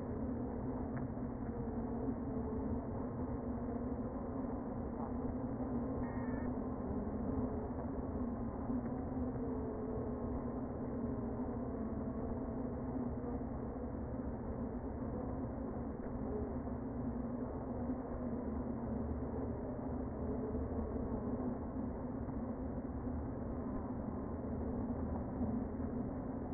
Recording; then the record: honeybee colony, microphone inside the hive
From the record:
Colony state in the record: queen present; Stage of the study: before two queens were removed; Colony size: about 60,000 bees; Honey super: yes